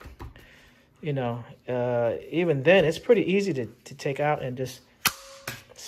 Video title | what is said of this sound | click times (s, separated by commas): CZ Scorpion Evo 3 S1 pistol unboxing and upgrades | snap in place again you can tension that down as tight as you like | 5.1 s